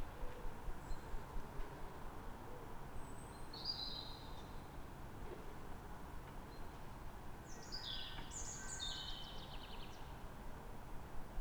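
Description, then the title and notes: Bird song, scattered high chirps then a rapid cascade of twittering notes near the end, with steady traffic noise beneath. Calm morning, 3 May, Fresnes, Ile de France; background ring-road traffic. "Matin calme avec oiseaux. Fresnes, Ile de France. Mathias Arrignon"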